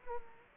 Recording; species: mosquito wingbeat signal from an infrared sensor; Culex quinquefasciatus